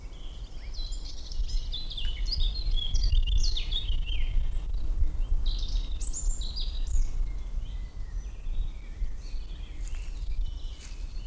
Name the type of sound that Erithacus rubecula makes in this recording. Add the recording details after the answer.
song. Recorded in the wild. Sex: male. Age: adult. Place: Schloß Dammsmühle, Brandenburg, DE. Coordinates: 52.69, 13.41. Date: 1995-05-01 17:49. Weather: heiter 14-15°C. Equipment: Marantz CP 430, Sennheiser ME 80, Kopie Uher 4000 Report Monitor. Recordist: Tembrock, Günter